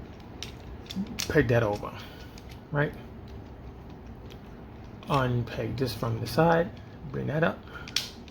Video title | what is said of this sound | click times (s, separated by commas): Transformers Siege WFC Leader Astrotrain | pop this into place do the same thing | 8.0 s